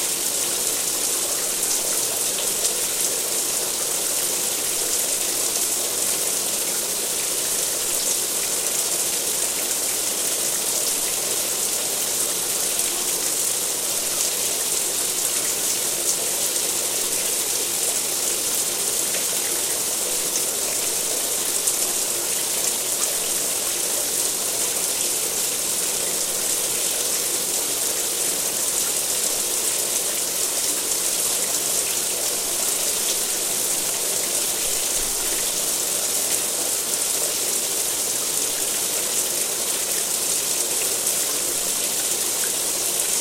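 A shower runs continuously, a dense, even hiss of water spraying and pattering on a surface. The sound holds steady for the whole stretch with no breaks, bright, with a faint lower splashing beneath the spray.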